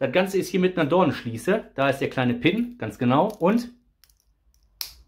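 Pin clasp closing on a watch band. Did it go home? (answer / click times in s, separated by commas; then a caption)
yes / 4.8 s. Someone talks about a watch band's pin-type buckle clasp, then after a brief quiet with a few faint ticks the clasp is closed with a sharp snap at 4.8 s. The pin clasp seats and engages firmly.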